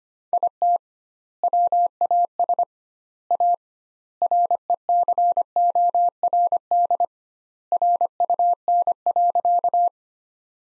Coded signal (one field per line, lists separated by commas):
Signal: Morse code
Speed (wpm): 25 wpm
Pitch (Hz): 700 Hz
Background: none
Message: IT WAS A RECORD RUN.